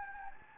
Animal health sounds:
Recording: mosquito wingbeat signal from an infrared sensor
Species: Anopheles gambiae

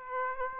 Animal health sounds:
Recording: mosquito wingbeat signal from an infrared sensor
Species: Aedes aegypti

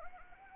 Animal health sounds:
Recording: mosquito wingbeat signal from an infrared sensor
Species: Anopheles arabiensis

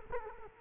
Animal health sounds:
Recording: mosquito wingbeat signal from an infrared sensor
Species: Culex quinquefasciatus

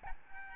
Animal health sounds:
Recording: mosquito wingbeat signal from an infrared sensor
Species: Aedes albopictus

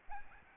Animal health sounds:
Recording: mosquito wingbeat signal from an infrared sensor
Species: Aedes albopictus

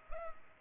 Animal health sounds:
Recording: mosquito wingbeat signal from an infrared sensor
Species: Culex pipiens

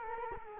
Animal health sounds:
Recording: mosquito wingbeat signal from an infrared sensor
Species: Culex quinquefasciatus

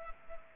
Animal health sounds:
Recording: mosquito wingbeat signal from an infrared sensor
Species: Culex pipiens

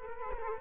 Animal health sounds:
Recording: mosquito wingbeat signal from an infrared sensor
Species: Culex quinquefasciatus

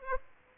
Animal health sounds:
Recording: mosquito wingbeat signal from an infrared sensor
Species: Aedes aegypti

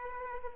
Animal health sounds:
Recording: mosquito wingbeat signal from an infrared sensor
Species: Culex pipiens

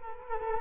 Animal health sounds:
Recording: mosquito wingbeat signal from an infrared sensor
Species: Culex quinquefasciatus

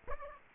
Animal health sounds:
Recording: mosquito wingbeat signal from an infrared sensor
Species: Aedes aegypti

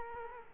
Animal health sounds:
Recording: mosquito wingbeat signal from an infrared sensor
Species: Culex quinquefasciatus

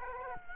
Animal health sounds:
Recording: mosquito wingbeat signal from an infrared sensor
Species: Culex quinquefasciatus

